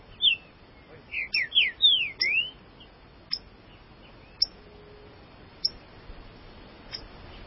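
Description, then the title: Green-winged saltator song: one phrase of bright, slurred whistles near the start, then only a few sparse sharp clicks. "Trinca Ferro"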